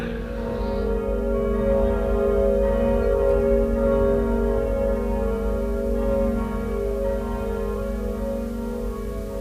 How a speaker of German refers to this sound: Fassen Sie sich, hochwürdiger Herr, und eilen Sie. Die Glocken läuten schon. 10:00.